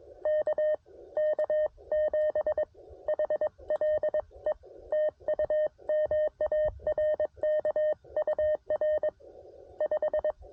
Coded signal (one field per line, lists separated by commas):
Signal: Morse code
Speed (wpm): 21 wpm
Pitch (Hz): 610 Hz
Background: none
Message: KK7HLE TU MARK UR 5